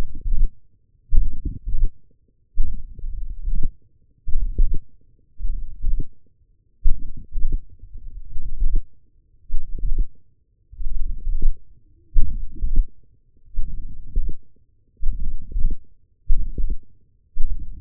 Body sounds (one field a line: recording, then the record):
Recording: forearm muscle sounds (acoustic myography)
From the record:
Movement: hand opening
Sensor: system 1, eight BSWA MPA416 microphones around the upper forearm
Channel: 8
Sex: male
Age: 42 years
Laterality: right